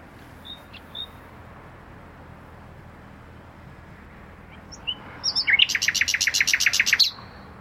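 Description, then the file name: Common nightingale song after a quiet start with a few faint notes: a rapid, rattling series of repeated notes lasting about two seconds. "Luscinia megarhynchos"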